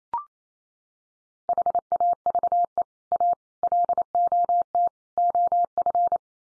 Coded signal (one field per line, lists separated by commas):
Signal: Morse code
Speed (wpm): 28 wpm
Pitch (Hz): 700 Hz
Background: none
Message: HAVE A LOT OF